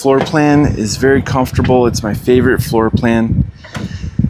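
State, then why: Seated. Someone talks, then the sliding side door of a 2025 Thor Palladium Overlander adventure van (Transit Trail 350 AWD chassis with a 3.5-inch lift and Raptor grill) is slid along its track. It catches in its hold-open position with a sharp metallic clunk at 3.8 s. The door moves very smoothly and locks in place.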